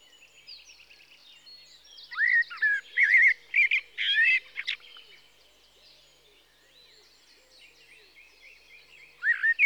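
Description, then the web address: Common blackbird delivering a mellow warbling phrase with interwoven high, squeaky twitters, followed by a quiet gap and another loud note at the end. "BBC Sound Effects Library - 47 (Birds) 01 Blackbird (Turdus Merula)"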